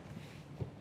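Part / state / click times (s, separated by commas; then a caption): plastic center console trim panel into dash / not seated / none. A plastic center console trim panel on a 2010–2024 Toyota 4Runner is lined up at the back and pushed toward the dash. Quiet rustling handling noise runs throughout, with a soft low thump around 0.6 seconds. Nothing has seated or clicked yet; the panel is not yet home.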